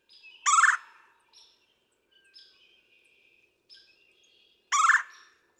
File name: Red-bellied Woodpecker